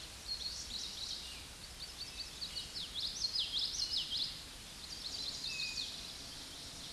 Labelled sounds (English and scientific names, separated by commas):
Common Yellowthroat (Geothlypis trichas) song